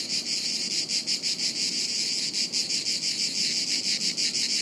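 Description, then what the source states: Cicadas in a dense chorus, a high buzzing wall of sound pulsing about three times a second. Chorus of cicadas high in the trees, woods near Sirolo, Italy, hot afternoon, August 23.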